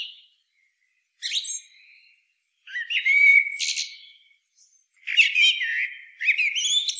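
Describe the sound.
Common blackbird heard in three separate phrases, fluty and slurred mixed with scratchy, high twittering, with short silent gaps between them.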